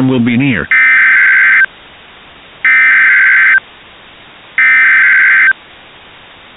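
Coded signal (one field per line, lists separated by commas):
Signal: Emergency Alert System (SAME) tones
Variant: header bursts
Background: speech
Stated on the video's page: Fictional EAS scenario in an audio drama.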